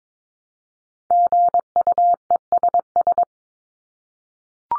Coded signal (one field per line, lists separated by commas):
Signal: Morse code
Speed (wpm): 22 wpm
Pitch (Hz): 700 Hz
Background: none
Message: GUESS